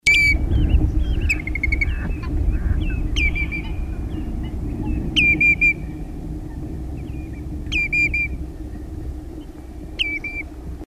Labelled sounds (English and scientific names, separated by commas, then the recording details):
Common Redshank (Tringa totanus) call
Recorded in the wild
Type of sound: call
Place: Cano Guadiamar, ES
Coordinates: 36.9242, -6.35889
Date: 1971-03-25
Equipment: Uher Report 4200, AKG D190C in Doppel-Parabolreflektor
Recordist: Krey, Winfried